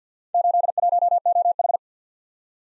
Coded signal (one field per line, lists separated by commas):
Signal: Morse code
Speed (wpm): 51 wpm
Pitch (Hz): 700 Hz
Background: none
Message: 81OH